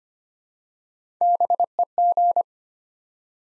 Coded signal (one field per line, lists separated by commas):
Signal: Morse code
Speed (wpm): 25 wpm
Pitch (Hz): 700 Hz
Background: none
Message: BEG